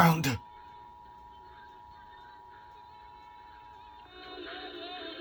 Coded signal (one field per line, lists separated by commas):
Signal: Emergency Alert System (SAME) tones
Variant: 853 and 960 Hz attention tone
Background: speech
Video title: LET'S HEAR IT FOR THE ZSP (L.S. EAS #185) Tampa Cluster Required Monthly Test